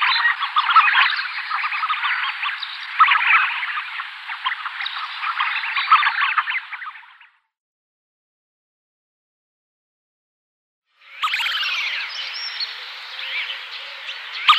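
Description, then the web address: Tufted duck calls: a dense chorus of many overlapping short chattering notes, then a silent gap, then the chorus resumes. Males. "Schulze Peter Tufted Duck males"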